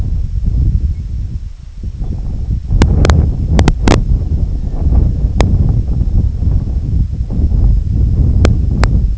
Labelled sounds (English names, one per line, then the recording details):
unidentified sound
Red-throated Loon
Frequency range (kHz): Red-throated Loon 1.5-2.3 kHz
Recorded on Arctic tundra, site IGLO-D, on 25 June 2018
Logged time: 06:00